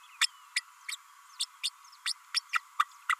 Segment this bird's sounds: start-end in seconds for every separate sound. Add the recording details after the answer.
0.21-0.26, 0.56-0.61, 0.88-0.96, 1.39-1.45, 1.63-1.69, 2.05-2.13, 2.34-2.40, 2.53-2.60, 2.79-2.84, 3.09-3.15. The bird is a female. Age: 32 days. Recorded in a nest box in Venezuela. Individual 17B32A5